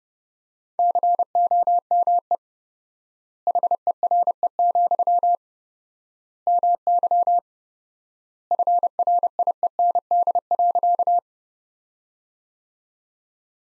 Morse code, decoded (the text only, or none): COME HERE, MY FRIEND.